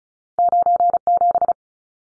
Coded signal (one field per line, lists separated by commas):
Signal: Morse code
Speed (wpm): 34 wpm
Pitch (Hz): 700 Hz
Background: none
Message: 97